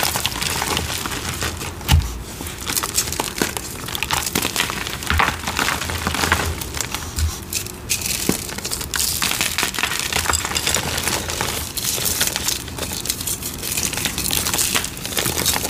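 Dry cornstarch and chalk crumble and crunch continuously, a dense stream of crisp, gritty crackles with brighter snaps scattered throughout, notably near two and eight seconds. The crunching is close and steady in level, with a faint low hum underneath in a small room.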